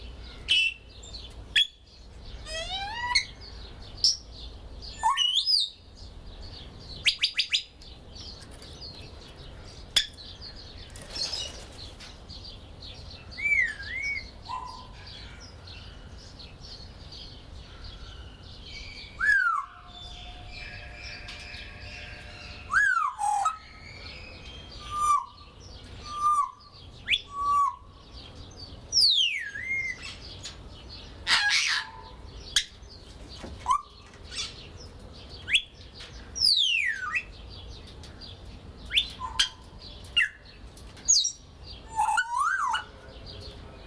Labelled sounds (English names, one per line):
Grey Parrot